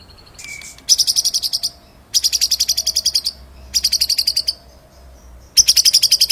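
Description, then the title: White-rumped shama song: loud, rapid, high trills in phrases of about a second, repeated after short pauses, with low background hum. Masteran training recording of White-rumped shama, full rolling song with shooting notes (ngerol nembak). "Masteran Murai Batu Full Ngerol Nembak"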